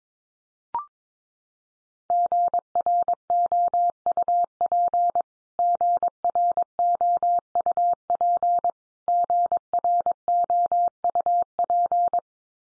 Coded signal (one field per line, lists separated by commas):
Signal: Morse code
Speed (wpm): 22 wpm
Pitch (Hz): 700 Hz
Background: none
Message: GROUP GROUP GROUP